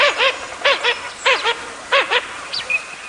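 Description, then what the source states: Blue-winged teal calls: short, nasal, arched notes, mostly in pairs, with a thin high whistle near the end. Dabbling ducks.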